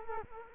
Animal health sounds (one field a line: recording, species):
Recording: mosquito wingbeat signal from an infrared sensor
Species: Culex quinquefasciatus